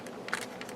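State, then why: Seated. The spring-loaded split section of a Machine Robo Pose+ Metal Series P+04 Baikanfu robot figure is pushed into the combined body while the metal and plastic robot figures are being combined. Faint plastic clicks and rustles surround one sharp snap at 0.3 s, where the part seats in place.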